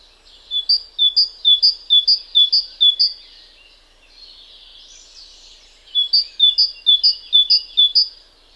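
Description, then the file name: Great tit singing a high, ringing two-note phrase about six times in quick rhythm, then a soft buzzy interlude, then another run of similar phrases. "Parus major"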